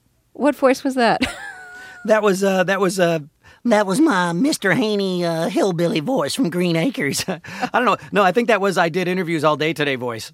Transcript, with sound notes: What voice was that?
That was - (impersonating Mr. Haney) that was my Mr. Haney hillbilly voice from "Green Acres." I don't know. No, I think that was I-did-interviews-all-day-today voice.